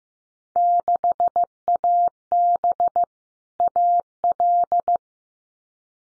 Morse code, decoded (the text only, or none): 6AB AL